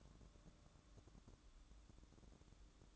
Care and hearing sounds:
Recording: daily activity, microphone in the room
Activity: take from stove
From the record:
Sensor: 3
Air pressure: 1008.0 hPa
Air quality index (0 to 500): 114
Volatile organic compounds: 1 ppm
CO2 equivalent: 948 ppm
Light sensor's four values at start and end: 9/21/8/8 and 9/21/8/8

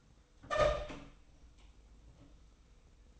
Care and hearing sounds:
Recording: daily activity, microphone in the room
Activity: open door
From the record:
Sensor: 1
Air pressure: 990.4 hPa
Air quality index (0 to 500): 156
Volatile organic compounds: 1000 ppm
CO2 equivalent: 5648 ppm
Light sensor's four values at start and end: 33/75/33/35 and 33/74/32/35

